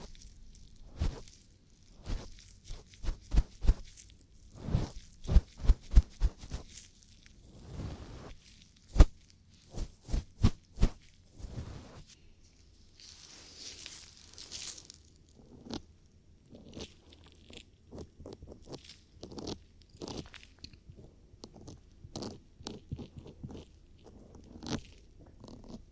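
Ear cleaning sounds: sharp crunchy clicks and scratches come in irregular bursts, densest early on, with a brief airy rustle around fourteen seconds.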